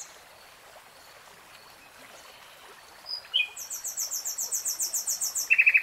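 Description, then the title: Nightingale song: quiet at first, then a few sharp notes, a rapid high trill of repeated notes, and finally a loud fast series of chirps. Singing in real time. "[Tiếng chim hót] 3 Hours REALTIME Nightingale Singing"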